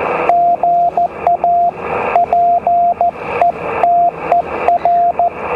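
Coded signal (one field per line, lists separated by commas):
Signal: Morse code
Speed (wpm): 14 wpm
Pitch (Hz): 700 Hz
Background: radio noise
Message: GA PETER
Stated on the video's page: Beach portable station using 7 metres of wire held up with a squid pole.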